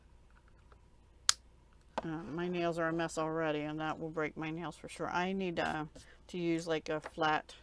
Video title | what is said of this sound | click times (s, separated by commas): I BOUGHT A THING - COME SEE - AUG 2023 | that is a little bit hard a little bit hard and then this just snaps back in | 1.3 s